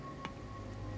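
The screw-down crown of a mechanical Seiko Alpinist wristwatch is turned counterclockwise until it pops free of its threads. A single short, sharp snap is heard at 0.2 s over a steady low background hum, and the crown is released.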